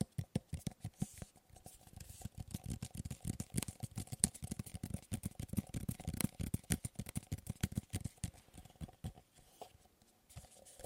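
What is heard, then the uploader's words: Tapping on objects, a busy run of short, sharp knocks that crowd together quickly through most of the stretch, then thin out and slow near the end. The hits have a thuddy low body with a dry click on top, and a faint steady hum sits underneath. ASMR Fast & Slow Tapping on 6 Objects No Talking.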